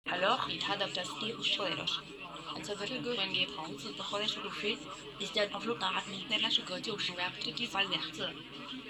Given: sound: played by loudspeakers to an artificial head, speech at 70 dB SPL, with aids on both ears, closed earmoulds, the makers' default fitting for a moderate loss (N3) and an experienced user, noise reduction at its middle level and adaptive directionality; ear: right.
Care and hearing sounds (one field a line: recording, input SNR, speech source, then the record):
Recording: speech test signal (ISTS) in cocktail-party noise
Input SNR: +3 dB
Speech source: on the right (90 degrees)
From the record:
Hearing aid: class 1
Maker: C